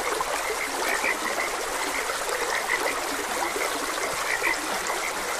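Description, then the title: Frog chorus of short, clicky bright calls overlapping one another, heard over the steady wash of trickling water. Frogs croaking beside a gentle stream. "Gentle Stream and Frogs Croaking"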